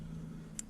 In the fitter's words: and just pops right in